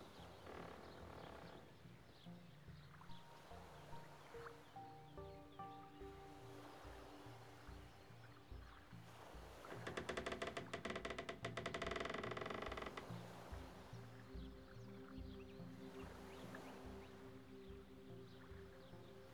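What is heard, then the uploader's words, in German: At the edge of a Canadian lake, a low rumble pulses steadily throughout while thin whistling calls come and go. Around ten to thirteen seconds a loud, dense rattling burst takes over, then the rumble and sustained tones return. Am Rande eines kanadischen Sees.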